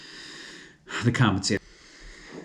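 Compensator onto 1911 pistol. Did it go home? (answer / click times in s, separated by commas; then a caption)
no / none. A Valkyrie Dynamics compensator is handled on the spring housing of a 1911 pistol while someone talks over a steady background hum. Nothing has seated or clicked into place yet.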